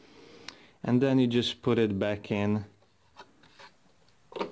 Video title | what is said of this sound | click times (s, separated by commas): How To Clean Dust bin and Brush Compartment on Neato | you have a click you hear the click and then | 0.5 s